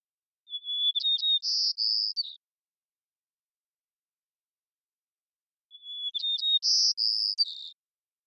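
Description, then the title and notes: White-crowned sparrow song repeated twice, each phrase opening with a pure whistle, then chips and buzzy trilled notes, with quiet gaps between. Washington, Pacific Northwest, United States; long performance of repeated song; parabolic recording, processed for clarity with natural pace, rhythm and dynamics kept. "White-crowned Sparrow, Zonotrichia leucophrys, long performance with repeated song, parabolic recording, clean-processed for clarity, natural pace, rhthym, and dynamics maintained, family: New World Sparrows Recorded in the beautiful Pacific Northwest, Washington, United States"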